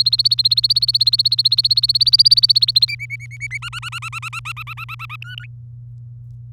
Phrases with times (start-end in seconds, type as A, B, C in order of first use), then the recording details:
0.00-2.85 A, 2.88-3.58 B, 3.62-5.16 C, 5.22-5.46 D. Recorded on 24 April 2018 at 06:30. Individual llb3